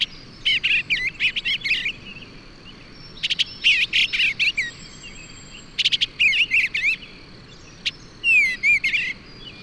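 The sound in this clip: Bird delivers rapid chattering phrases mixing clicks and bright twisting whistles, repeated in bursts with brief gaps.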